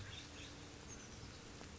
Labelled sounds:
Oak Titmouse (Baeolophus inornatus)
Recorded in Sonoma County, California

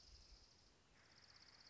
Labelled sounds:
Dark-eyed Junco (Junco hyemalis)
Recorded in Sonoma County, California

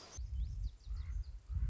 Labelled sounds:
Common Raven (Corvus corax)
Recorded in Sonoma County, California

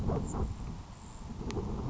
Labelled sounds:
Grasshopper Sparrow (Ammodramus savannarum)
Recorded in Sonoma County, California

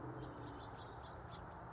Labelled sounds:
House Finch (Haemorhous mexicanus)
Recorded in Sonoma County, California

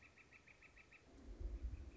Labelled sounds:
Northern Flicker (Colaptes auratus)
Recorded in Sonoma County, California

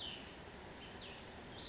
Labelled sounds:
Cassin's Vireo (Vireo cassinii)
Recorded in Sonoma County, California

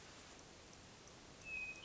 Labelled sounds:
Hermit Thrush (Catharus guttatus)
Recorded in Sonoma County, California

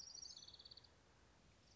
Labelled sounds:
Orange-crowned Warbler (Leiothlypis celata)
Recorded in Sonoma County, California

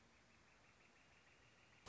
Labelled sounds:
Northern Flicker (Colaptes auratus)
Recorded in Sonoma County, California

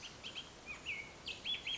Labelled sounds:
Bullock's Oriole (Icterus bullockii)
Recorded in Sonoma County, California

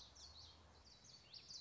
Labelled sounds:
Common Yellowthroat (Geothlypis trichas)
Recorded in Sonoma County, California

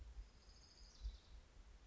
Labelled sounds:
Orange-crowned Warbler (Leiothlypis celata)
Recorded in Sonoma County, California

